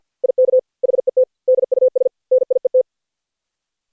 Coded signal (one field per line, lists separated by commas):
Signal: Morse code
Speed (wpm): 57 wpm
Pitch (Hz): 510 Hz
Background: none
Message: IK HET DUS NIET